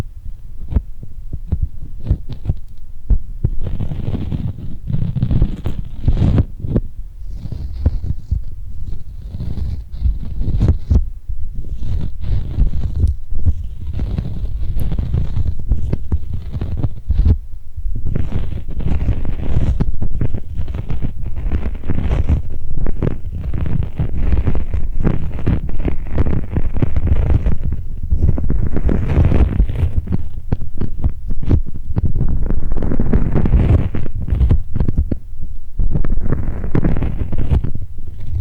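Tingly glued hand sounds: sticky skin pulling apart and pressing together in a dense, continuous stream of soft crackles and taps. The texture stays busy and low-weighted for the whole clip, with brighter bursts of peeling that recur every few seconds.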